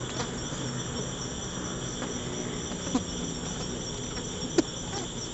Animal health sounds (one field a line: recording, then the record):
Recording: honeybee defence experiment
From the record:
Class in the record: control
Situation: empty test tube, no live specimens